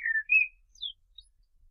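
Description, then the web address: Common blackbird, a short mellow whistled phrase of slurred, gently falling and rising notes, followed by a couple of thin higher squeaks. "SETE data Turdus merula"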